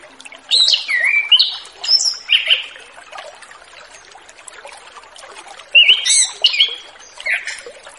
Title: Anis Kembang Ngeplong Santai , Untuk Pancingan Anis Kembang Lepas Trotol